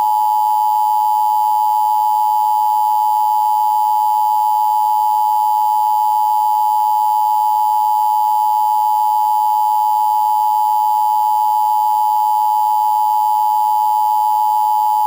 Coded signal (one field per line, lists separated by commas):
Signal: Emergency Alert System (SAME) tones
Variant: 853 and 960 Hz attention tone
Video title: London's EAS, With Speech